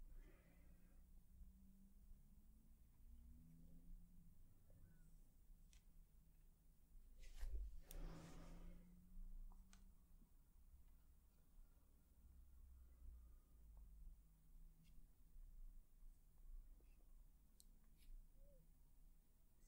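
Soft brushing and touching sounds against a face or microphone fill the recording, with a low, steady rumble underneath. Brief tapping clicks come every few seconds, and a louder burst of rubbing and thumping peaks around the eight-second mark before settling back down.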